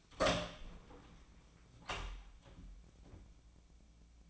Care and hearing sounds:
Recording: daily activity, microphone in the room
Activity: open door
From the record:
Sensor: 1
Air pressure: 1009.3 hPa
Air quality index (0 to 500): 182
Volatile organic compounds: 3 ppm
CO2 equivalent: 1533 ppm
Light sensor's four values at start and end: 41/110/45/54 and 42/111/46/54

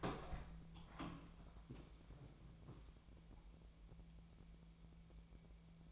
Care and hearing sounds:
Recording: daily activity, microphone in the room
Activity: open door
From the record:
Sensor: 1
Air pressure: 1000.5 hPa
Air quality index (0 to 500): 182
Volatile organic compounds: 4 ppm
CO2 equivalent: 1681 ppm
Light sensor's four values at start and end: 12/28/12/14 and 12/29/12/14

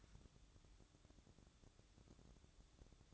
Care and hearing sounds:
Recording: daily activity, microphone in the room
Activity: take from stove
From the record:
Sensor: 3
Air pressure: 1008.1 hPa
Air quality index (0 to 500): 127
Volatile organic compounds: 2 ppm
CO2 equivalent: 1056 ppm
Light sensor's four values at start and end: 8/20/8/7 and 8/20/8/8

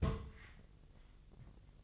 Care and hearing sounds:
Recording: daily activity, microphone in the room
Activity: place on stove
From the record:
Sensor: 4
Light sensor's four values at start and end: 9/20/8/8 and 9/20/8/8

